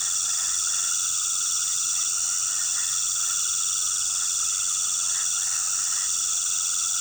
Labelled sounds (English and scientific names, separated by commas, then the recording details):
none
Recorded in pastures near Puerto Asís, Putumayo, Colombia, on 19 February 2024 at 20:30
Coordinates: 0.466, -76.323
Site G6384